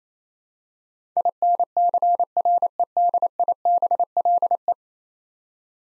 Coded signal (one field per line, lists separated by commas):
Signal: Morse code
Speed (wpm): 28 wpm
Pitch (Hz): 700 Hz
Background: none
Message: INCREDIBLE